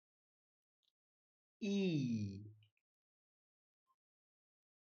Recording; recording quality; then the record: sustained vowel as in beet; excellent, no background noise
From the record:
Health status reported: healthy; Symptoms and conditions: none ticked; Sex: male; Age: 25 years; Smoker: not ticked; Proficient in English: yes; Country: India